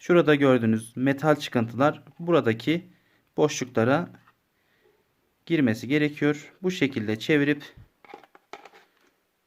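Someone talks while lining up the metal rails of a 36V Assur cordless impact drill battery pack with the slots on the drill. A few faint, short handling ticks follow between about 8.0 and 8.7 seconds. The battery has not clicked or seated into the drill yet.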